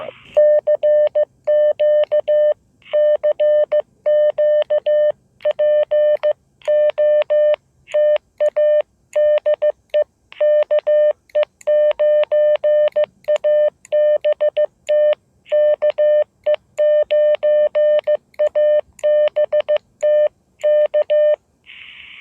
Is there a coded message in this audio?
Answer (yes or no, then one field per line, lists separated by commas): yes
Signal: Morse code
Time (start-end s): 0.4-21.3 s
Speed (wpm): 15 wpm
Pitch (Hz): 600 Hz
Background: speech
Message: CQ CQ POTA DE KE9ABT KE9ABT K